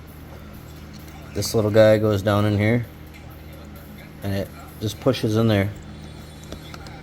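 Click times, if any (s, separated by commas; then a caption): 6.5 s, 6.7 s. A small plastic wiring harness connector is pushed down into its slot in a new Vicrez carbon fiber steering wheel for a C7 Z06 Corvette. Someone talks, then two sharp snaps are heard at 6.5 s and 6.7 s as the connector seats.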